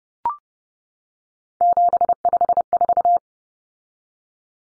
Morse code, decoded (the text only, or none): 754